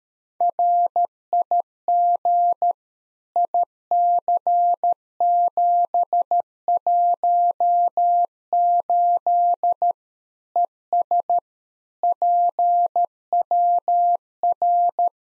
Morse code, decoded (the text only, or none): RIG IC718 ES PWR